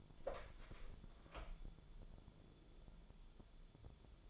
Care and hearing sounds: daily activity, microphone in the room; open door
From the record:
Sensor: 5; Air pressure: 1015.2 hPa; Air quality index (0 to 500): 220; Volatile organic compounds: 13 ppm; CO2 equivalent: 2386 ppm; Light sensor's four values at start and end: 35/80/32/31 and 35/80/32/31

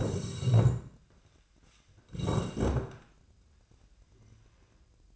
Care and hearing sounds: daily activity, microphone in the room; sit down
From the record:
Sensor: 2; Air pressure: 1012.2 hPa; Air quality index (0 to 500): 162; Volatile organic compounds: 2 ppm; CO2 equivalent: 1188 ppm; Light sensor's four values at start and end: 67/151/71/85 and 58/136/61/70

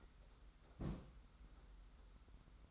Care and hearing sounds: daily activity, microphone in the room; place on stove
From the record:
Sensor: 3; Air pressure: 991.0 hPa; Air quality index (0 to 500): 103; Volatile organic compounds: 37 ppm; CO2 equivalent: 3097 ppm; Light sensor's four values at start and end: 45/124/51/44 and 45/124/51/44

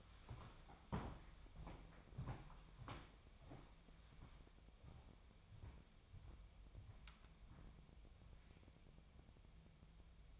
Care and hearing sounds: daily activity, microphone in the room; walk to room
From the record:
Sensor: 1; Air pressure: 999.9 hPa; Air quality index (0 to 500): 128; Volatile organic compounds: 2 ppm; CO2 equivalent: 1222 ppm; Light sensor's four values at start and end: 37/93/39/48 and 36/91/38/47

